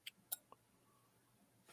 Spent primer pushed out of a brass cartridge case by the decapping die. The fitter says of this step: now what I'm going to do is I'm actually going to get close with my microphone so you can kind of hear it pop out.